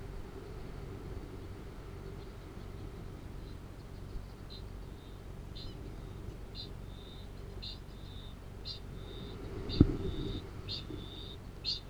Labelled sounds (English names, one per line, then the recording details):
Kākāpō ching call
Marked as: faintness 4/5, faintness 3/5
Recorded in New Zealand
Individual Arab